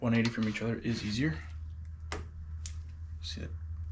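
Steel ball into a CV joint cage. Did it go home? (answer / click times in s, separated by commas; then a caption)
no / none. While reassembling a car CV axle joint, a steel ball is being handled and pressed toward its window in the cage and inner race, metal on metal. Someone talks for the first second and a half, then sharp metallic taps sound near 2.1 and 2.7 seconds, with a fainter one near 1.9 seconds, over a steady low hum. Nothing has seated yet.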